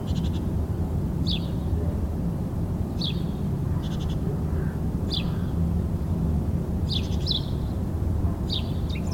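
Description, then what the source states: House sparrows chirping: short, bright high chirps in small clusters roughly every one to two seconds over a steady low rumble of traffic. Several house sparrows chirping briskly in winter.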